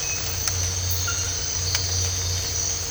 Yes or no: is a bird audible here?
no